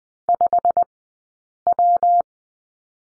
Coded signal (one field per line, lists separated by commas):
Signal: Morse code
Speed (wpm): 20 wpm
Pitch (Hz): 700 Hz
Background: none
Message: 5W